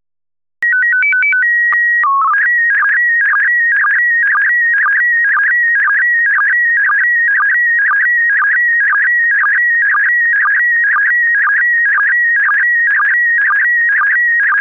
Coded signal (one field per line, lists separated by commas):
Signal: SSTV (slow-scan television)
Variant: PD 120